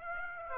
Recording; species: mosquito wingbeat signal from an infrared sensor; Aedes aegypti